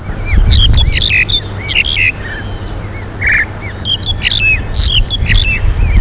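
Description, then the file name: Starling calls: a busy jumble of harsh squawks, clicks and short whistled notes over a loud low rumbling hum. "Bnstarl"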